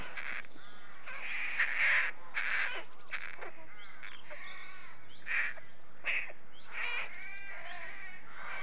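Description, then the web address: Rooks calling together, a continuous jumble of harsh caws and grating croaks from numerous birds, some louder calls rising out of the chorus. A rookery, with the birds at their nests. "BBC Sound Effects Library. Rookery"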